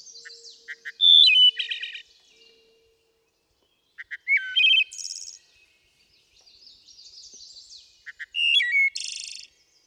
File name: Wood Thrush